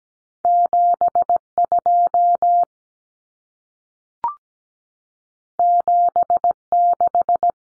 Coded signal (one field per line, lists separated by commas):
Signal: Morse code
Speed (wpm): 17 wpm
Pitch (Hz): 700 Hz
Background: none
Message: 72 76